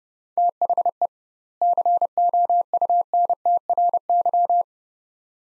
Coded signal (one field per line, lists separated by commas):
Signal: Morse code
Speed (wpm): 30 wpm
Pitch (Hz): 700 Hz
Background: none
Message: THE COUNTRY